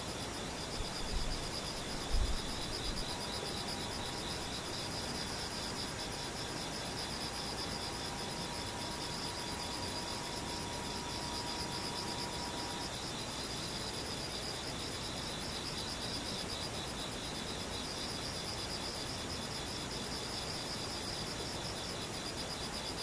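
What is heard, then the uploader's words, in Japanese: Insects, including tsukutsuku-boshi cicadas, keep up a steady, dense high chirring with a fine pulsing texture throughout. A thin, level tone runs faintly from about 3 to 13 seconds, and a few soft low bumps occur in the first two seconds. ツクツクホーシからムシ。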